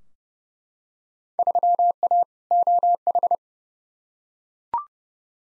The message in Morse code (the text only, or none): 3A OH